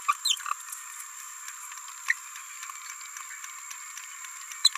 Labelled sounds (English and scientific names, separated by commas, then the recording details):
Green-rumped Parrotlet (Forpus passerinus) babbling
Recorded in a nest box in Venezuela
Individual 18B17A5